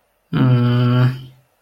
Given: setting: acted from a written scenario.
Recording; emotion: vocal sound without words; disappointment